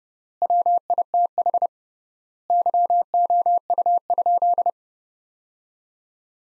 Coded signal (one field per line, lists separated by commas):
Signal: Morse code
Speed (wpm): 30 wpm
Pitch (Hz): 700 Hz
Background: none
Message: WITH YOU?